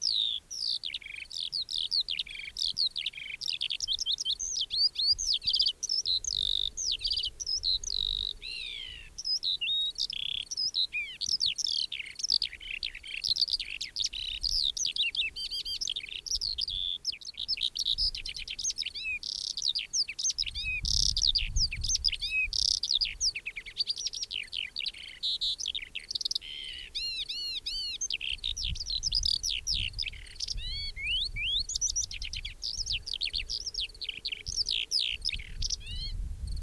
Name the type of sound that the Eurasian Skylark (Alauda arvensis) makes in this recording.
song